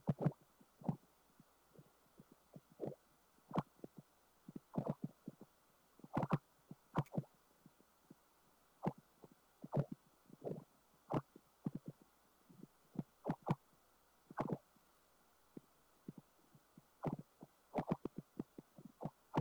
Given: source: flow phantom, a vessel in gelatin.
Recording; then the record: Doppler ultrasound of air bubbles in flowing water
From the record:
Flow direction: perpendicular to the transducer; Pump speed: changing at random every second, 150 to 250 rpm (540 to 900 mL/min); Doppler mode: pulsed wave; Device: 7 MHz transducer